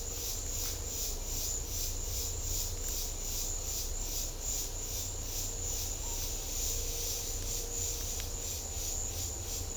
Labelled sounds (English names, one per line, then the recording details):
none
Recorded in secondary vegetation near Puerto Asís, Putumayo, Colombia, on 18 December 2024 at 13:30
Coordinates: 0.500, -76.326
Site G065